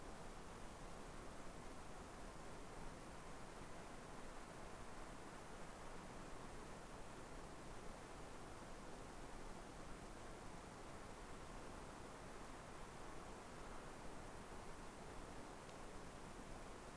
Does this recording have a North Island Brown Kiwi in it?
no